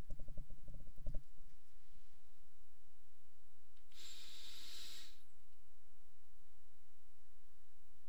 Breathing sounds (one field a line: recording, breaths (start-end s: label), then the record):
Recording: nose breathing near a microphone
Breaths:
3.80-5.40 s: inhalation
From the record:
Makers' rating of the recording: medium